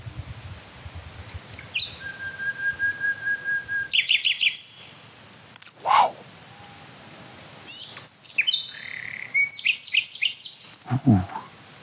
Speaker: Oh, das schöne Schluchzen. Lauschen wir doch noch ein paar Minuten Herrn Nachtigall.